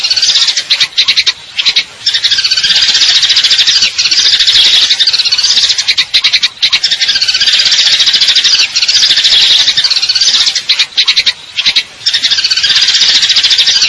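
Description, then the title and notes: Eurasian tree sparrow pouring out a near-continuous high, buzzy trill of fast chirps, with a few brief breaks. Fighting call with long trills; clear-sound masteran training recording for contest birds. "GEREJA TARUNG NEMBAK PANJANG SUARA JERNIH MASTERAN WAJIB BURUNG LOMBA. Burung Gereja"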